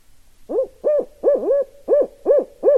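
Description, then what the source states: Barred Owl giving a quick run of seven arched, barking hoots, about every third of a second, with a faint steady hum underneath. Recorded on 16 November 2012.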